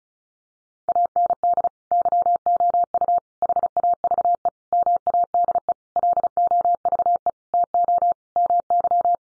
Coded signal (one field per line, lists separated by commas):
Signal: Morse code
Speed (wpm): 34 wpm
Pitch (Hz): 700 Hz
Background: none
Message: AND YOU HAVE MADE LOVE TO MY